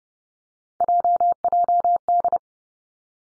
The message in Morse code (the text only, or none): JJD